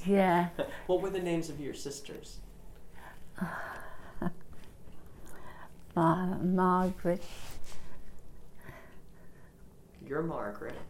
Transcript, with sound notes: Yeah.
What were the names of your sisters?
(she laughs) Margaret.
You're Margaret.